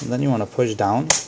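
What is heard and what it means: A plastic access cover is being fitted into the base of a Toshiba Satellite L755-S5246 laptop: its plastic tabs are hooked in on the side opposite the screws, and the cover is about to be pressed down gently. Someone talks throughout, and a short broadband tick is heard near 1.1 s. Nothing has seated or clicked into place yet.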